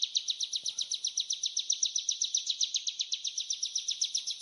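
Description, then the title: Ciblek gunung song as a fast, dry, regular buzzy trill of repeated pulses, with one faint low knock. "Suara ciblek gunung"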